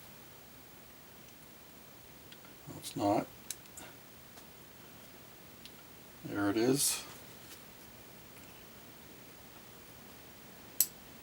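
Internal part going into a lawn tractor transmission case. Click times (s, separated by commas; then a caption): 10.8 s. A metal internal part is pressed into the case of a Peerless 700 manual lawn tractor transmission during reassembly. Someone talks over faint scraping and small ticks, and then a single sharp, loud snap at 10.8 s shows the part has snapped into place.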